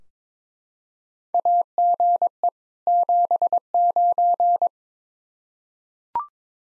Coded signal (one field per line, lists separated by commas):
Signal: Morse code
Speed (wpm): 22 wpm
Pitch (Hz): 700 Hz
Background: none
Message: AGE 79